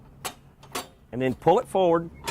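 The tilting seat of a ride-on mower tractor is handled and pulled forward on its hinge toward its metal latch hooks. A few short, sharp ticks sound early on while someone talks. Nothing has latched or seated yet.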